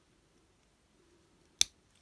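A plastic model kit part is pressed onto a toy figure and pops on with a single loud, sharp snap at 1.6 seconds, seating the piece. The rest of the clip is quiet apart from a faint low hum and a small tick near the end.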